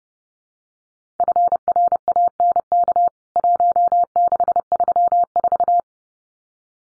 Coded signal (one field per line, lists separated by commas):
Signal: Morse code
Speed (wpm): 30 wpm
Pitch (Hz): 700 Hz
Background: none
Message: FRANK 1634